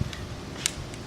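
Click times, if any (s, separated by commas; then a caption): 0.7 s. The gear selector on a core drill gearbox is shifted into second gear for a 20-millimeter bit while the spindle is turned by hand. A faint tick comes at 0.1 s, then a sharp click at 0.7 s as the selector snaps into gear and locks in place.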